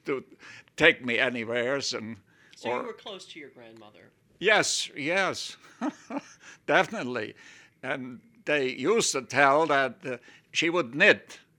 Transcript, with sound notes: to take me anywhere's and...
So you were close to your grandmother. (he laughs)
Definitely. And they used to tell that she would knit